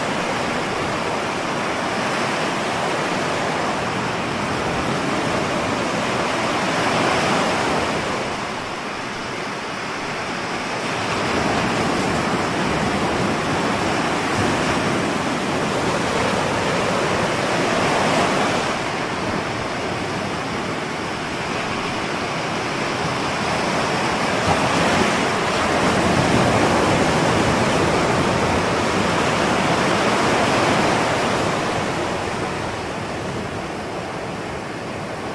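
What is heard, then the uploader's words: Waves wash in a steady, dense rush, swelling and easing in slow surges every several seconds, with brighter peaks around 8, 18 and 25 seconds. The hiss is full and close, with a soft low rumble underneath and no other sounds standing out. Wave Sounds.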